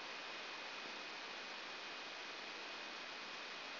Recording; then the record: brain microelectrode recording played as sound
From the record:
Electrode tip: outside the subthalamic nucleus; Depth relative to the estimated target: -6 mm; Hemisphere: right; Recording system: AlphaMap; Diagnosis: Parkinson's disease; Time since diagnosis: 15 years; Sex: female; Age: 68 years